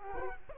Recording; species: mosquito wingbeat signal from an infrared sensor; Culex quinquefasciatus